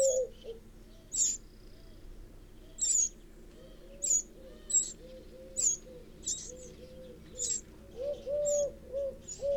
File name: Troglodytes troglodytes